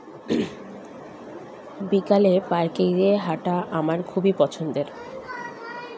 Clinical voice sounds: elicited speech; Bengali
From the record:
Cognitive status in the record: cognitively healthy

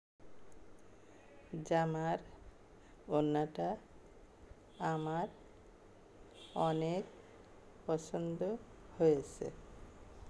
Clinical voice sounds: elicited speech; Bengali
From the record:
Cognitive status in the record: dementia

